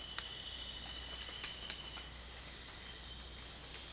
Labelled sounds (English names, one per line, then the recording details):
none
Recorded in dense forest near Puerto Asís, Putumayo, Colombia, on 25 June 2025 at 01:30
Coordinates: 0.468, -76.322
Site GP03